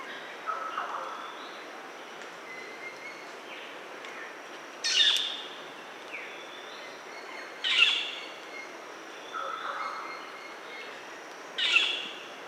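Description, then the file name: Metallic starling singing loud harsh buzzy bursts every few seconds, mixed with softer chattering and whistled notes in between, over a low hiss. "canto-do-estorninho-metálico"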